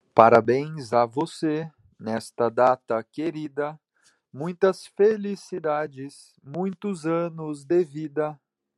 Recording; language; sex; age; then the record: short text; Brazilian Portuguese; male; 30 to 39 years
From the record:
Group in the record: control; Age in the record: 32 years